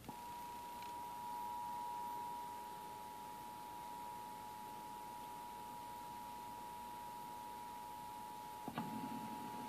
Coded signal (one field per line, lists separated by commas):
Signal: Emergency Alert System (SAME) tones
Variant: 853 and 960 Hz attention tone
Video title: EAS #40: Required Monthly Test